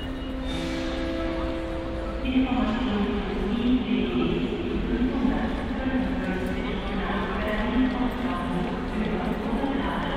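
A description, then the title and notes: A train station at Cologne Central Station: a dense, steady wash of crowd chatter and voices fills the whole clip. A sustained low tone runs through the first two seconds, and scattered clacks and footsteps recur throughout, with the loudness staying fairly even. Cologne Central Station | Train station sounds. Recorded on Cologne Central Station.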